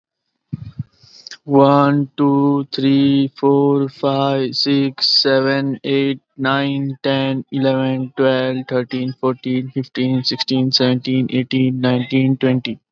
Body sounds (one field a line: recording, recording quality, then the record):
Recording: counting at a normal pace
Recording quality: excellent, no background noise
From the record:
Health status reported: healthy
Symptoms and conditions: none ticked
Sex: male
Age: 26 years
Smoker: yes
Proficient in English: yes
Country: India